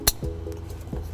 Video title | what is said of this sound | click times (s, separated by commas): 2019 Nissan Rogue Trailer Wiring Installation | let's go ahead and get our connectors plugged in here again we want to hear the click lets | 0.1 s